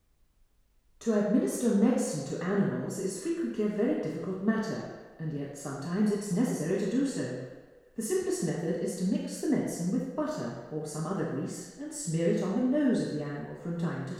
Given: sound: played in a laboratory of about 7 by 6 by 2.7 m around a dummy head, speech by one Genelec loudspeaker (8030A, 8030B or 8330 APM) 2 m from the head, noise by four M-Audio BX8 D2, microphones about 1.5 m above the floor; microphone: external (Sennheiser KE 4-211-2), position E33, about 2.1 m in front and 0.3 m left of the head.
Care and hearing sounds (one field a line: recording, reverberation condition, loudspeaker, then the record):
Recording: female speech in English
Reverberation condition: high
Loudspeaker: 30 degrees to the left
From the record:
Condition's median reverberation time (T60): about 1300 ms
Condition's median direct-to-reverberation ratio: about -4.0 dB